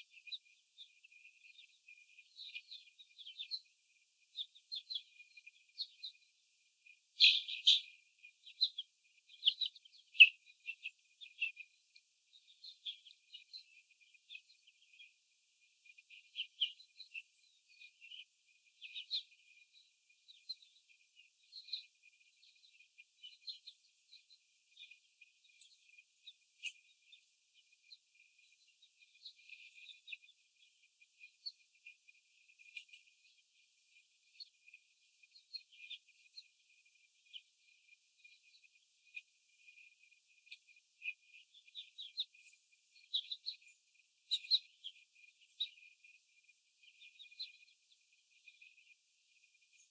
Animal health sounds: young laying hens in a cage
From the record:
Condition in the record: after the stressor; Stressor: simulated dog barking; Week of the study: 4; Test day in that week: 3

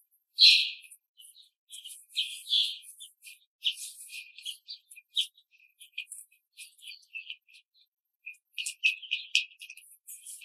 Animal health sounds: young laying hens in a cage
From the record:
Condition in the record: control cage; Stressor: none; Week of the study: 5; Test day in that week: 1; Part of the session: 2

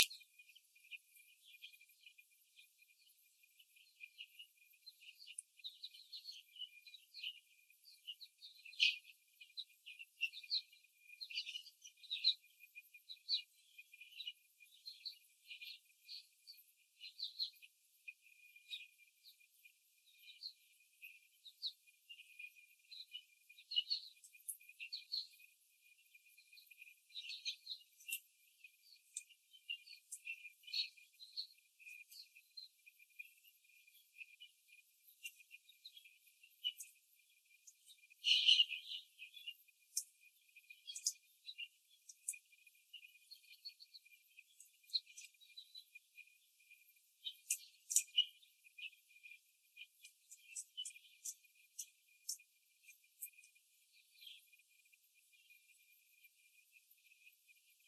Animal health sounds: young laying hens in a cage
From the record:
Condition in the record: before the stressor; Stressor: simulated dog barking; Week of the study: 3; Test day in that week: 1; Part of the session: 2

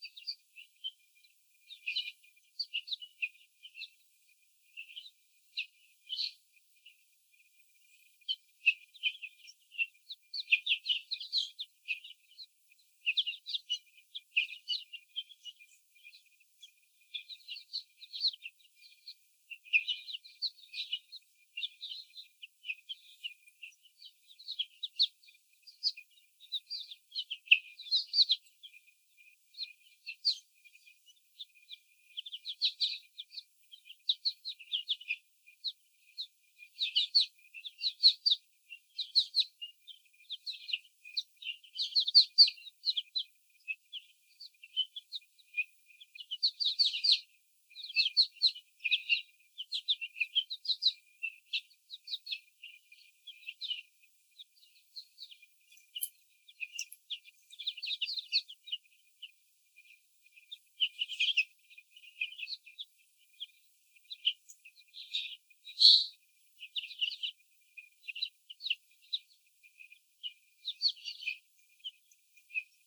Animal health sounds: young laying hens in a cage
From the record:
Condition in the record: before the stressor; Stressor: sudden umbrella opening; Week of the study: 3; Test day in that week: 2

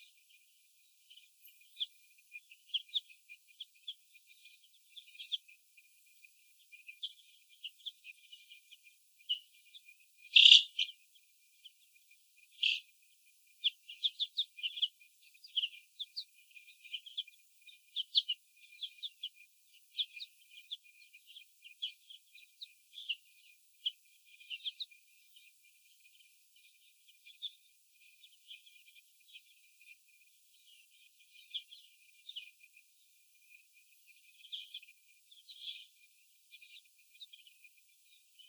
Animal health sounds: young laying hens in a cage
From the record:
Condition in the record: after the stressor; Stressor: sudden umbrella opening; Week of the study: 2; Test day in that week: 1

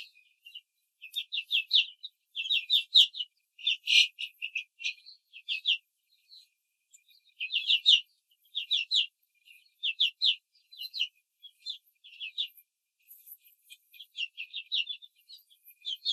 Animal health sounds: young laying hens in a cage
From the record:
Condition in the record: control cage, before the stress test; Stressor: none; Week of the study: 4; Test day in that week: 1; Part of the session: 1

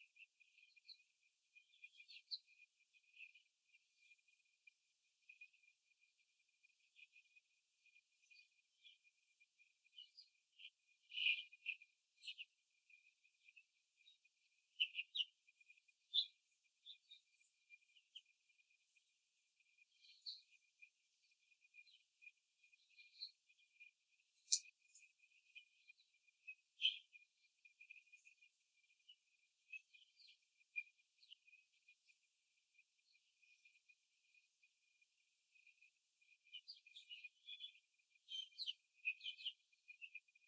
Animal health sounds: young laying hens in a cage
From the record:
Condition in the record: before the stressor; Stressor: simulated dog barking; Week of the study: 3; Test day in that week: 2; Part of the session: 2

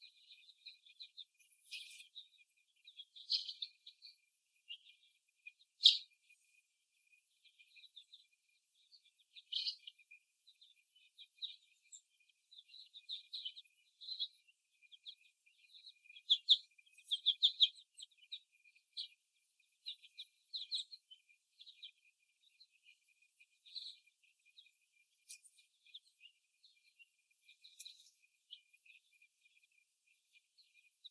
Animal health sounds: young laying hens in a cage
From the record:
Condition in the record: before the stressor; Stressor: simulated dog barking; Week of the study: 1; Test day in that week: 1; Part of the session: 2

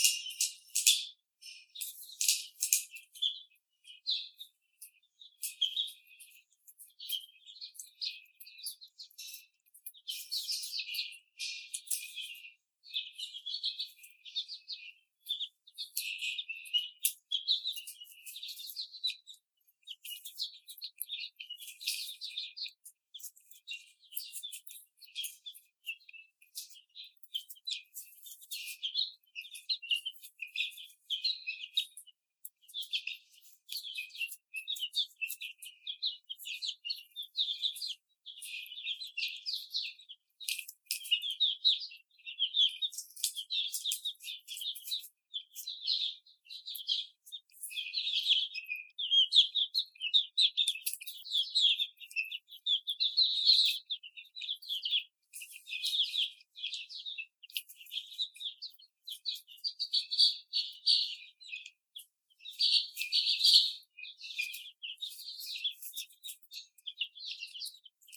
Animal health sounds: young laying hens in a cage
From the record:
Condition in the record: after the stressor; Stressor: simulated dog barking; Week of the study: 4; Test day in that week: 2

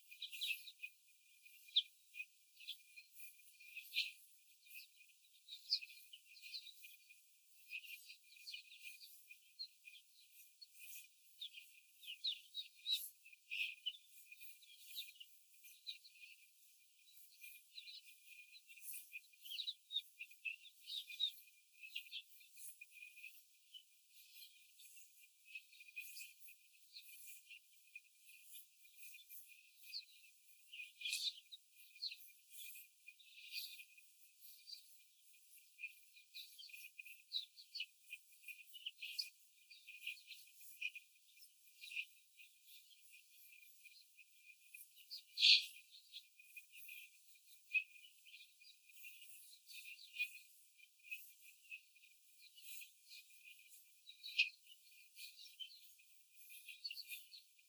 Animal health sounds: young laying hens in a cage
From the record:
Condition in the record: after the stressor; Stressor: simulated dog barking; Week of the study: 4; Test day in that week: 1

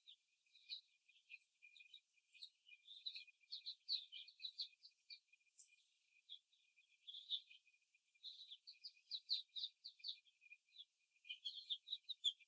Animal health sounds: young laying hens in a cage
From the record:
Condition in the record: before the stressor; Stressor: simulated dog barking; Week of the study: 1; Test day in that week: 2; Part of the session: 2

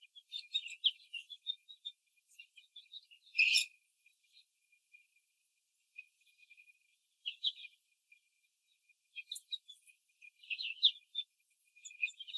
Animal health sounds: young laying hens in a cage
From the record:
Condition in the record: control cage, after the stress test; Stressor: none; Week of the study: 4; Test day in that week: 3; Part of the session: 2

